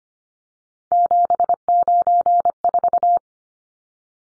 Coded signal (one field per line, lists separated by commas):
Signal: Morse code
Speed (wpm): 25 wpm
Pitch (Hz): 700 Hz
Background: none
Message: 794